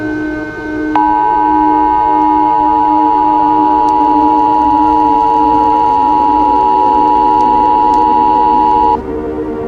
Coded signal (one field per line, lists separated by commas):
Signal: Emergency Alert System (SAME) tones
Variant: 853 and 960 Hz attention tone